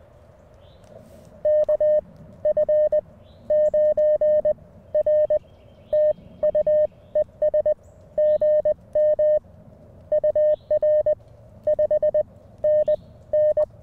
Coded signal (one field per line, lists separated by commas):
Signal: Morse code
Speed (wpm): 20 wpm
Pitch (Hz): 590 Hz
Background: none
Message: KF9R TU ES GM UR 5NN